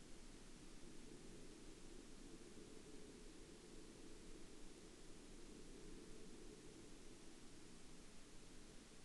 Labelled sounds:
near silence
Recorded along the Dempster Highway, Canada, on 23 September 2019 at 20:03
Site 16

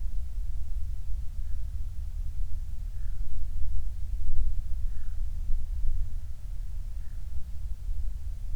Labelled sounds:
near silence
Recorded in the Prudhoe Bay oil fields, Alaska, on 28 July 2019 at 05:41
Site 25

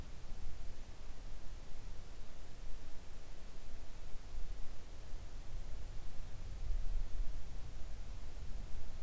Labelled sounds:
near silence
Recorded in the Arctic National Wildlife Refuge, Alaska, on 3 August 2019 at 05:32
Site 41

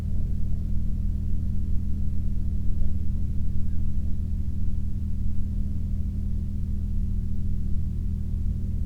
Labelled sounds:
aircraft
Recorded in the Prudhoe Bay oil fields, Alaska, on 24 July 2021 at 23:34
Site 30

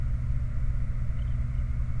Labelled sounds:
songbird, truck
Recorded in the Prudhoe Bay oil fields, Alaska, on 29 July 2019 at 03:35
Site 29

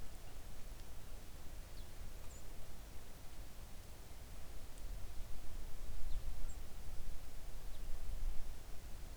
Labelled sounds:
songbird
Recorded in the Arctic National Wildlife Refuge, Alaska, on 3 August 2019 at 06:02
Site 41

